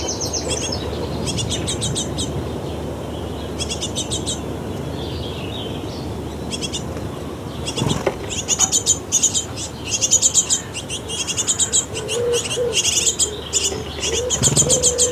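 Hungry bird chicks cry in rapid, high bursts that grow denser after eight seconds, over a low rumbling murmur and a sharp knock.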